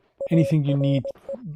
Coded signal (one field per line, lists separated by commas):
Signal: Morse code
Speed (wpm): 20 wpm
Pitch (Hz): 550 Hz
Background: speech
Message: ARE